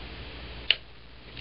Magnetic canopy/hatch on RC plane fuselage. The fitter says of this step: right there. You hear it snap.